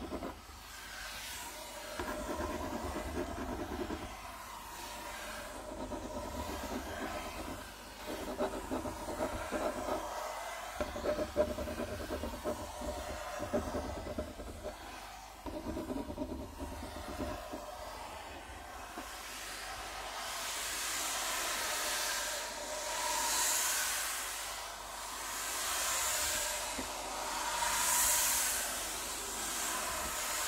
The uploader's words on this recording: ASMR Rubbing & Scratching on a Wooden Table Changing Patterns (NO TALKING).